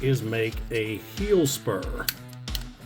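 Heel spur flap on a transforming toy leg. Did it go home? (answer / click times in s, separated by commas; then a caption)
yes / 2.5 s. A plastic flap on the helicopter leg of a transforming toy is folded to form a heel spur while someone talks. The flap locks in with a sharp click at 2.6 s, seating the heel spur.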